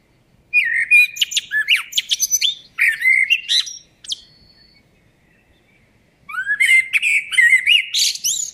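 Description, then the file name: Eurasian blackbird phrases: a burst of rising whistles and scratchy high twitters, a short pause with a faint thin note, then another hurried twittering phrase. "Turdus merula"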